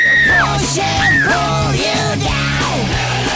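Loud, anguished yelling from a voice in a series of long, wavering cries that swoop up and fall away, about four drawn-out screams in a row with barely a pause between them.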